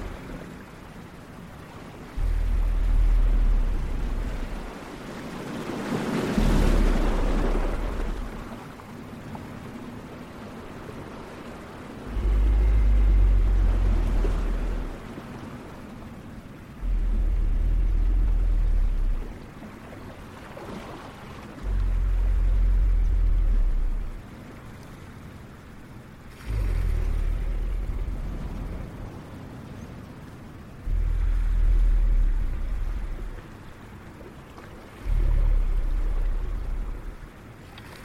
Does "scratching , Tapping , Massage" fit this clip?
no